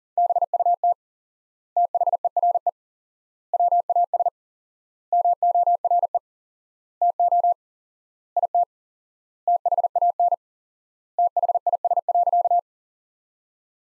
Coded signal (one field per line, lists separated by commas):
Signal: Morse code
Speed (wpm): 40 wpm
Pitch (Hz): 700 Hz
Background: none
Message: BUT THERE WAS MORE TO IT THAN THIS.